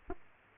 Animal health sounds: mosquito wingbeat signal from an infrared sensor; Aedes aegypti

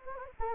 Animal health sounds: mosquito wingbeat signal from an infrared sensor; Anopheles gambiae

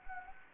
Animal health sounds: mosquito wingbeat signal from an infrared sensor; Anopheles gambiae

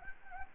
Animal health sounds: mosquito wingbeat signal from an infrared sensor; Anopheles gambiae

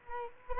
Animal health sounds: mosquito wingbeat signal from an infrared sensor; Culex quinquefasciatus

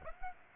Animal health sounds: mosquito wingbeat signal from an infrared sensor; Aedes aegypti

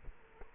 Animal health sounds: mosquito wingbeat signal from an infrared sensor; Culex quinquefasciatus

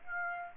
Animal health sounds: mosquito wingbeat signal from an infrared sensor; Aedes aegypti

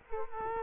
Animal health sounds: mosquito wingbeat signal from an infrared sensor; Culex quinquefasciatus

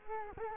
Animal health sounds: mosquito wingbeat signal from an infrared sensor; Culex quinquefasciatus

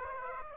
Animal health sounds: mosquito wingbeat signal from an infrared sensor; Aedes aegypti

